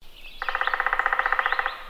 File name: Hairy Woodpecker